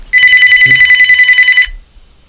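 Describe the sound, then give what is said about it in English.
A telephone rings with phantom ringing, a bright, rapidly trilling electronic bell for about a second and a half, loud and steady, then stops abruptly, leaving near silence. “Spooky, very spooky phantom ringing.”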